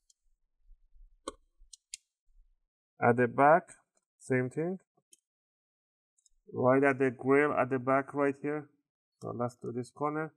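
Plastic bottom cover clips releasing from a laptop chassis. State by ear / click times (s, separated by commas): released / 1.3 s, 1.7 s, 1.9 s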